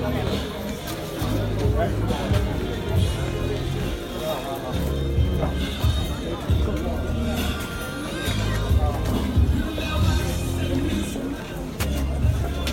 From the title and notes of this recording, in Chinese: 声音来自南锣鼓巷。南锣鼓巷是一条胡同，位于北京中轴线东侧的交道口地区。